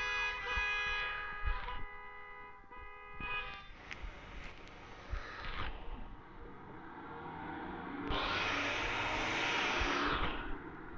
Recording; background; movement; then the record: deep breathing; traffic; sitting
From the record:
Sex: male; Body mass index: 20.6 kg/m2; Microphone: on the chest, facing the body